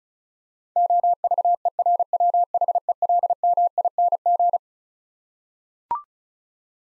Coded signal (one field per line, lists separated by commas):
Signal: Morse code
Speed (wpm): 36 wpm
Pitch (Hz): 700 Hz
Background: none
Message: OVERWHELMING